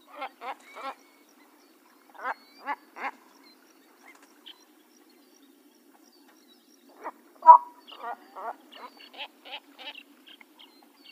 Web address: Large Wading Birds AZFO WFIB